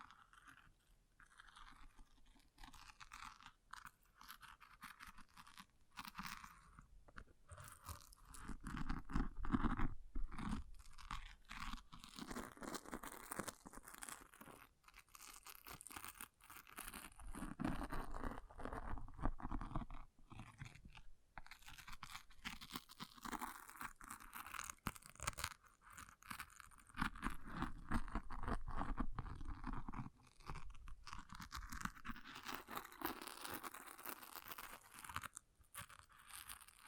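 An object is scratched in dense, irregular bursts of gritty, crunching scraping that come and go throughout. Louder stretches build around 8–12 seconds, 17–21 seconds and 25–35 seconds, separated by brief quieter gaps, with a low steady hum underneath.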